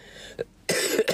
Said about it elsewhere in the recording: This is the first experience in my life where I have felt like shit for a prolonged period of time. I miss being able to talk without coughing.